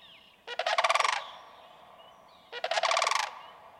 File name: Sandhill Crane